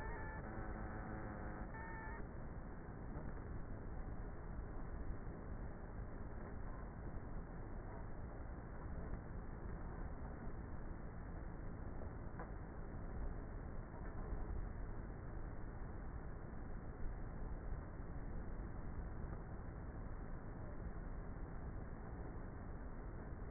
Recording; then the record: honeybee colony, microphone inside the hive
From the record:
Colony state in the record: queenless with a low population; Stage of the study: before two queens were removed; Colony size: about 30,000 bees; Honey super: no